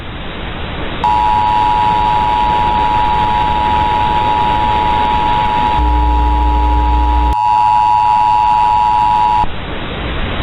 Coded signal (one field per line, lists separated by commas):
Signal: Emergency Alert System (SAME) tones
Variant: 853 and 960 Hz attention tone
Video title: CHILD ABDUCTION EAS ALART 7/25/2005 (NICKELODEON) (OUTDATED)